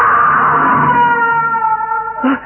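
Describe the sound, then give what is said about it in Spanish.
A young woman screams in one long, high, wavering cry that slowly sinks in pitch and stays loud throughout, then ends with a short, harsh burst, as she is carried off by force through underground castle passages. “Ahora la hermosa joven era llevada a la fuerza por los intrincados pasadizos subterráneos del castillo y sus gritos ponían alerta a Calimán”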